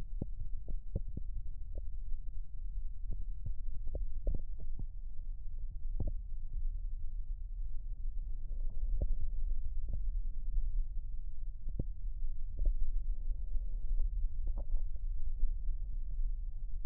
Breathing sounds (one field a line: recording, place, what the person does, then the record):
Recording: lung sounds by stethoscope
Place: right posterior basal chest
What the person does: quiet breathing, then deep breathing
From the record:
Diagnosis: COPD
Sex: male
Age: 70 years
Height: 174 cm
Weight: 94 kg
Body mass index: 31.0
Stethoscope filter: extended mode